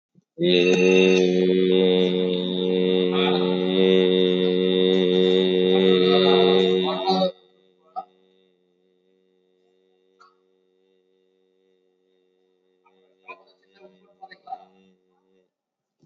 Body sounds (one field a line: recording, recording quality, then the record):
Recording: sustained vowel as in made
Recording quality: excellent, no background noise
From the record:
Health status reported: COVID-19 positive, moderate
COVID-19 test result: positive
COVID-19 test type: RT-PCR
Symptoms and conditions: cough, cold, sore throat, fever, muscle pain, loss of smell and taste, diarrhoea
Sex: male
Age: 37 years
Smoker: no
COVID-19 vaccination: one dose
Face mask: worn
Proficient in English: yes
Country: India